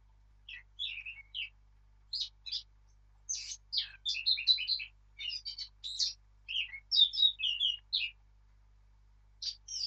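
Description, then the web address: Eurasian blackcap giving a hurried, varied warble of twittering and fluty notes, sung in clustered phrases separated by short gaps. "birdsong Sylvia atricapilla"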